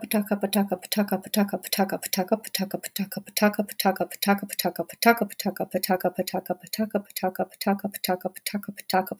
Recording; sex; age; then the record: repeated syllables /pa ta ka/; female; 30 to 39 years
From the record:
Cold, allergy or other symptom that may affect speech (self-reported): no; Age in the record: 36 years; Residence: Virginia, United States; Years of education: 16